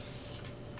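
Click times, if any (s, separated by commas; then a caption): 0.4 s. The green plastic corona wire cleaning tab on the drum unit of a Brother HL-3070CW printer is slid back to its home position. Over a steady broadband hiss, it gives a short, bright click at 0.5 s as it seats in its locking position.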